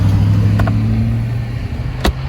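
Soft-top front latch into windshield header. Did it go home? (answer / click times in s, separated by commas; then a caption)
yes / 2.1 s. On a 2021 Mazda MX-5 Miata Grand Touring, the cloth convertible top is pulled up and over by hand, hooked onto the windshield header, and its front latch lever is pressed down against a steady low hum. Two light ticks sound at about 0.6 and 0.7 s, then a sharp, louder click at 2.1 s as the soft-top latch snaps shut and seats into the header.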